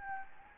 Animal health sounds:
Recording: mosquito wingbeat signal from an infrared sensor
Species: Anopheles gambiae

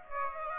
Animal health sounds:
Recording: mosquito wingbeat signal from an infrared sensor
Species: Aedes aegypti

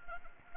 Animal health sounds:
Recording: mosquito wingbeat signal from an infrared sensor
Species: Anopheles arabiensis

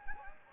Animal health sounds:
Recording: mosquito wingbeat signal from an infrared sensor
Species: Anopheles gambiae

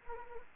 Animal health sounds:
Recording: mosquito wingbeat signal from an infrared sensor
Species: Anopheles arabiensis

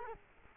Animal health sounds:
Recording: mosquito wingbeat signal from an infrared sensor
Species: Culex quinquefasciatus

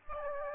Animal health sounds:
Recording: mosquito wingbeat signal from an infrared sensor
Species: Aedes aegypti

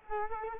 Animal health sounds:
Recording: mosquito wingbeat signal from an infrared sensor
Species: Culex quinquefasciatus

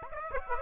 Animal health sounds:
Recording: mosquito wingbeat signal from an infrared sensor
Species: Aedes aegypti

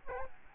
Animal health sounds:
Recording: mosquito wingbeat signal from an infrared sensor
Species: Aedes albopictus

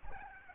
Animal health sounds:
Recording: mosquito wingbeat signal from an infrared sensor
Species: Aedes albopictus

